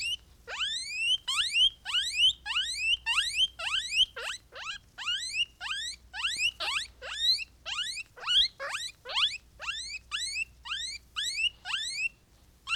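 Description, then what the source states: Guinea pig squealing, a long run of many high, upward-sweeping wheeks, shrill and harmonic-rich. Hungry guinea pig, recorded close.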